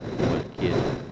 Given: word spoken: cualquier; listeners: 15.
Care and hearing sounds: one Spanish word in noise, from a listening test; noise modulated by three-talker babble; -6.7 dB; 2 of 15; 12 of 15; 0.72 s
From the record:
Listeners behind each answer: 12, 2, 1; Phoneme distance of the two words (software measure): 7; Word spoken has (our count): 2 syllables, 8 phonemes, stress on syllable 2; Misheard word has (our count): 3 syllables, 9 phonemes, stress on syllable 2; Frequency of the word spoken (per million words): 362.88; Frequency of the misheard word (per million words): 72.91

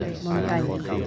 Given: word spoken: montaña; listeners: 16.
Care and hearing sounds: one Spanish word in noise, from a listening test; eight-talker babble; 0.5 dB; 5 of 16; 10 of 16; 0.67 s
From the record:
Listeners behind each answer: 10, 5, 1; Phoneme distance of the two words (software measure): 10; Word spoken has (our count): 3 syllables, 7 phonemes, stress on syllable 2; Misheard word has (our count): 3 syllables, 7 phonemes, stress on syllable 2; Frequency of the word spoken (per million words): 37.53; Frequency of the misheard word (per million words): 1.03

